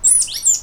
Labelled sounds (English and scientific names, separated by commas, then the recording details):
Stitchbird (Notiomystis cincta) song
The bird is a male
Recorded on Tiritiri Matangi Island, New Zealand, in 2005
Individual 9, of nest box 11